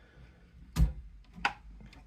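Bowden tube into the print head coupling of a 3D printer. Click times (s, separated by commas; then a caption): 1.5 s. A plastic Bowden tube is pushed all the way into its coupling on the print head of an UltiMaker 2+ 3D printer, ahead of being locked with the clip. A broad burst of handling noise comes at about 0.8 s, then a short, sharp click at 1.5 s as the tube seats fully home.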